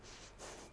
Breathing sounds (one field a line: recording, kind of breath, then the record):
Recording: one breath in and out by a microphone near the nose and mouth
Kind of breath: strong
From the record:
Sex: female